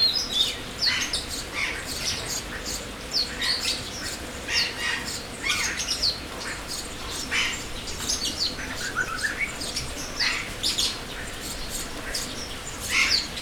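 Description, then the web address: Birds chattering, many overlapping squawks and tweets with a lower descending call near the middle, steady hiss behind. Birds in an aviary at Jászberény Zoo, recorded in 2016. "allathangok jaszberenyizoo 2016 professzionalis madarak ropde"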